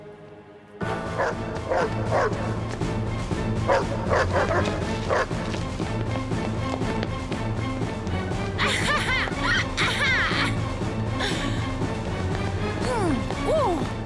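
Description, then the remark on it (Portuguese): Loud, repeated dog-like barking in rapid bursts, mixed with sharp crashing and thumping noises and some whimpering yips, running continuously over a busy, noisy background. “Acho que talvez o ladrar fosse desnecessário.”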